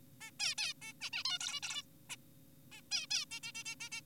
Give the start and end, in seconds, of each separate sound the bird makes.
0.21-0.31, 0.40-0.55, 0.58-0.73, 0.82-0.93, 1.01-1.10, 1.13-1.24, 1.25-1.38, 1.41-1.60, 1.63-1.83, 2.10-2.16, 2.72-2.81, 2.92-3.06, 3.11-3.25, 3.31-3.40, 3.43-3.52, 3.55-3.64, 3.66-3.75, 3.80-3.90, 3.92-4.01